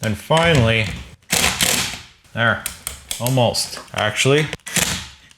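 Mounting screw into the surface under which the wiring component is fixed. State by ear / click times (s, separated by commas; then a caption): stripped / 5.3 s. A screw is driven to mount a small wiring component under a surface while someone talks. The screw is too short, and at 5.3 seconds its thread strips out of the material with a single sharp snap.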